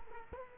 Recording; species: mosquito wingbeat signal from an infrared sensor; Culex quinquefasciatus